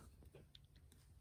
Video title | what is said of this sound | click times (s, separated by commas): Part 2 Benchwork, Laying Track and Ground Throws | And then just take your fingers and squeeze it till it snaps in. Now it's in, | 0.6 s, 0.9 s